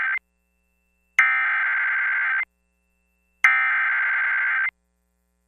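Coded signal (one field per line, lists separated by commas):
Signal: Emergency Alert System (SAME) tones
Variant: header bursts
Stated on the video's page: Valid EAS tones for a tornado warning in Tennessee and Arkansas.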